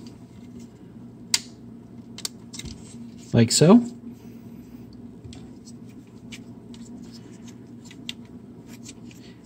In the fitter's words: sure everything is lined up and locked into place like